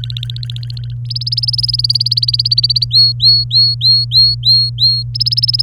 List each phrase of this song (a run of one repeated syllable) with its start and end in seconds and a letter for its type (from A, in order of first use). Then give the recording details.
0.00-0.94 A, 1.05-2.85 B, 2.91-5.03 C, 5.14-5.62 B. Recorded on 24 April 2018 at 08:08. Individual llb3